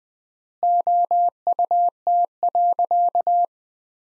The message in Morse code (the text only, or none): OUT.